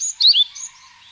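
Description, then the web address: Bird making a high chirp, then a quick pair of high, sweeping chirps, then a fainter chirp over a steady background hiss. Recorded in Higashiosaka, Japan. "higashiosaka bird koe"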